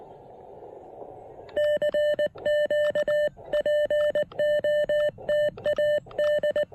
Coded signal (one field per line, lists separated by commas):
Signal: Morse code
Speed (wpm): 19 wpm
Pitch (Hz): 590 Hz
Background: none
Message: CQ POTA D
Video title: Field Report: Giving the Elecraft KX1 a thorough post-operation POTA test!